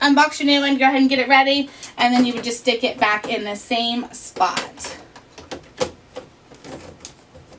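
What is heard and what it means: Someone talks while a new plastic toner cartridge is handled to go back into its slot in a Xerox WorkCentre 6605 color laser printer. After the talking fades, a few short, sharp handling knocks are heard around 5.4, 5.5, 5.8 and 7.1 seconds. The cartridge has not clicked home or seated yet.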